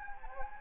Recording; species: mosquito wingbeat signal from an infrared sensor; Anopheles gambiae